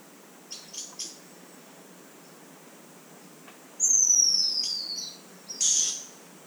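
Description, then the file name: Red-capped manakin calls: a few faint high ticks, then a long, thin, high whistle sliding slowly downward, followed by a short strident note. "Saltarín-cabecirrojo-norteño-Ceratopipra-mentalis"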